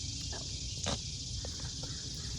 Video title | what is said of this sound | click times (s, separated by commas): Alloyman Mini Chainsaw Review | all right so you got your battery it's going to snap right in there just like that | 0.8 s